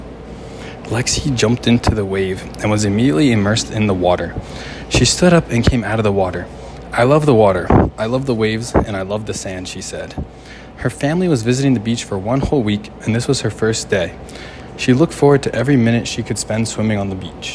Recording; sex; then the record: reading aloud after running; male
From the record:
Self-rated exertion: light exertion (2 of 6); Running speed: 7 miles an hour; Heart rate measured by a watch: 157 beats a minute at the start, 156 at the end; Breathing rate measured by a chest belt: 32 breaths a minute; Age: 27 years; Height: 188 cm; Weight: 79 kg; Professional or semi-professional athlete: no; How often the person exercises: 3 to 5 times a week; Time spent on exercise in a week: 3 to 4 hours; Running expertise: yes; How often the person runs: 1 to 2 times a week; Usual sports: running, tennis, rock climbing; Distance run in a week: 10 km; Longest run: 42 km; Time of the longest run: 220 minutes